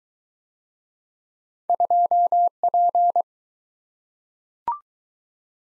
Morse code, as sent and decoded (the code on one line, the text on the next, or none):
..--- .--.
2P